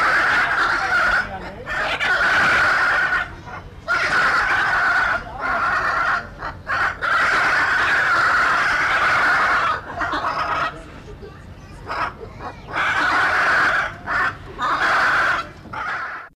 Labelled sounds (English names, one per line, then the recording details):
Hyacinth Macaw call
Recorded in captivity
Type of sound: call
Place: Zoo Dortmund, Nordrhein-Westfalen, DE
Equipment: Halbspur, 9,5 cm/s
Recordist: Lütgens, Hans
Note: Rufe